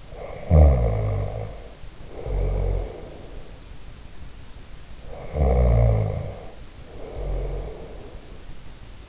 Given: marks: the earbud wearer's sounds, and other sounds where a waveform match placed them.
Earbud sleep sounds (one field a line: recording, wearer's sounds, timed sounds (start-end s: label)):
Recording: sounds in sleep by an in-ear microphone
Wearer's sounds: snoring breath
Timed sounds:
0.00-3.65 s: snoring breath
5.00-8.26 s: snoring breath